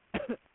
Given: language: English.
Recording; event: throat vibration sensor signal played as sound; cough